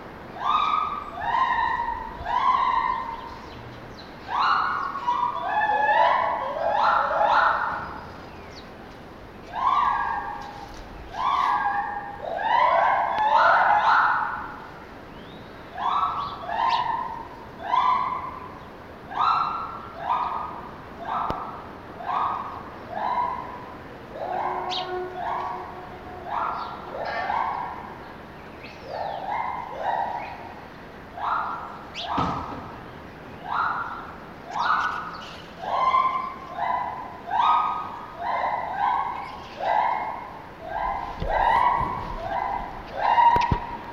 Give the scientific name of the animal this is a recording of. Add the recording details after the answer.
Hylobates lar. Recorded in captivity. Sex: pair. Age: adult. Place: Zoo Berlin, Berlin, DE. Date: 1988-11-19. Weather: wolkig bis heiter, 0-3°C. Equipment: Sony WM-D6C, Kopie Uher. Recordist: Tembrock, Günter